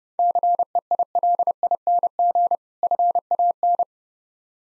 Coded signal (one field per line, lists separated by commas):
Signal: Morse code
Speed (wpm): 33 wpm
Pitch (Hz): 700 Hz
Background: none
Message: CEILING FAN